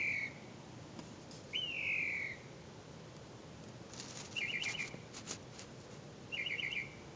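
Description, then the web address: Bird calls: a long whistled note sliding downward, then two short bursts of rapid chittering notes a couple of seconds apart. "misc bird"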